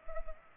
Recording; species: mosquito wingbeat signal from an infrared sensor; Culex pipiens